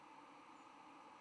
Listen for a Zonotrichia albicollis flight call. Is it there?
yes